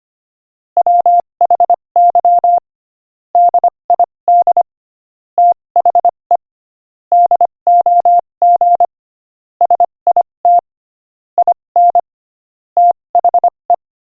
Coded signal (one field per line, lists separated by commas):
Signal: Morse code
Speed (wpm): 25 wpm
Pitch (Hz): 700 Hz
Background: none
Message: WHY DID THE DOG SIT IN THE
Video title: Morse Code Practice: 25 wpm Joke #3